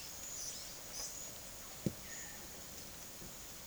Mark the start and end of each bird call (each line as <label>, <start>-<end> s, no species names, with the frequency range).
bird call (2.4-12.0 kHz), 0.00-1.26 s